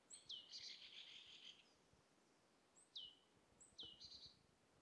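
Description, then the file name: Great tit giving three phrases, each a thin whistle dropping steeply in pitch. The first is followed by a long rasping buzz and the last by a shorter one, against a quiet background. "Parus major"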